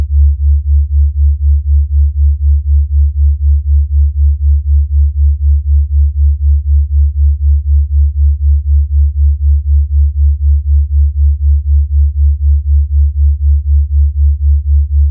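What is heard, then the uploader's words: A delta-wave binaural beat: a deep, low hum throbbing at a steady, even pulse of about three beats per second. It holds unchanged for the whole clip, with nothing bright or high above it and no other sounds. Delta Waves for Sleep (Binaural Beats). Soothing Delta Waves.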